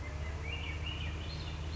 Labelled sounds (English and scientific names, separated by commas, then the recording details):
Swainson's Thrush (Catharus ustulatus)
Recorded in Sonoma County, California